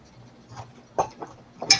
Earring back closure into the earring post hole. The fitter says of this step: like that with the hole in the back here so it snaps right in there and it's nice and snug so